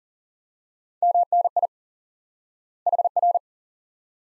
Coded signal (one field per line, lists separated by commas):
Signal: Morse code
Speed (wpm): 40 wpm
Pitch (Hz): 700 Hz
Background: none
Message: MNI HR